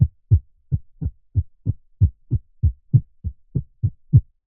Human heart beat through chest irregular getting faster.